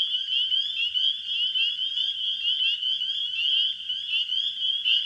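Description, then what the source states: Spring peeper chorus: many shrill, slightly rising peeps overlapping into an unbroken, pulsing high-pitched wall of sound. Spring peepers calling in a wetland in spring.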